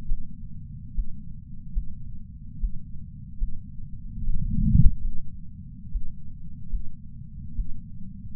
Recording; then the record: heart sounds by patch sensor on the chest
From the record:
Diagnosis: coronary artery disease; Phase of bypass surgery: preoperative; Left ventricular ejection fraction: 64%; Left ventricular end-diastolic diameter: 54 mm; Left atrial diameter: 40 mm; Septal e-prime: 6.2 cm/s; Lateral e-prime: 8 cm/s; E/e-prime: 10.7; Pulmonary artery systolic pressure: 24 mmHg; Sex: male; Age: 75 years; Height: 178 cm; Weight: 85 kg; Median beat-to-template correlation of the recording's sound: 0.83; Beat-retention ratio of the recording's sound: 0.94